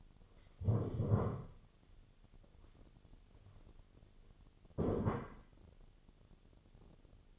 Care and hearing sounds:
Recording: daily activity, microphone in the room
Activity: stand up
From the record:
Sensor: 4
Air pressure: 1016.1 hPa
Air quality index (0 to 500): 164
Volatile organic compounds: 6 ppm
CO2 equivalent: 1869 ppm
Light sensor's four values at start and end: 9/20/8/7 and 9/20/8/7

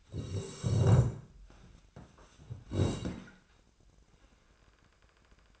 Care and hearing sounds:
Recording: daily activity, microphone in the room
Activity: sit down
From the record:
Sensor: 2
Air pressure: 1012.2 hPa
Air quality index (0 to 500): 157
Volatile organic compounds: 2 ppm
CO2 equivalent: 1154 ppm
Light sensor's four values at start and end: 36/92/39/45 and 41/104/45/51

